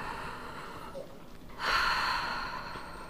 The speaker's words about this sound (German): jetzt würde ich gern Ihre Lunge abhören. Bitte atmen Sie durch den offenen Mund tief ein und aus.